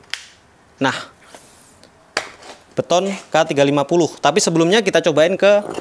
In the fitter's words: di ciseling sebelah sini ya Sampai bunyi klik